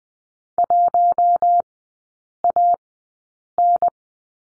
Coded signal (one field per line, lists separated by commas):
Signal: Morse code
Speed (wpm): 20 wpm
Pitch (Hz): 700 Hz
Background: none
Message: 1AN